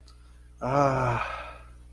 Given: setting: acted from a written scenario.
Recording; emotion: vocal sound without words; relief